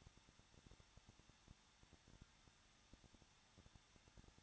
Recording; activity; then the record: daily activity, microphone in the room; no activity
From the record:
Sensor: 3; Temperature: 21.2 degrees Celsius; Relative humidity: 36.4%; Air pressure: 1006.3 hPa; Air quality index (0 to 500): 222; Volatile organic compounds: 42 ppm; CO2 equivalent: 3177 ppm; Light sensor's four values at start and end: 2/3/2/2 and 2/3/2/2